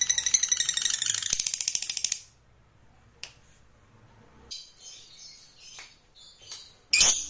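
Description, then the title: Lovebird: a fast rattling chatter for about two seconds, then quiet with a few scattered chirps and a final loud squawk. Fighter-type lovebird; title names ngekek panjang (long ngekek). "Begitu Dengar Suara Lovebird FIGHTER NGEKEK PANJANG"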